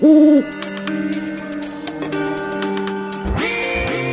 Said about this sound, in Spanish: Sal al campo por las noches, si me quieres conocer. Soy señor de grandes ojos, cara seria y gran saber. ¿Quién soy? El búho.